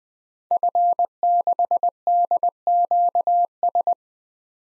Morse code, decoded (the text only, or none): F6DQS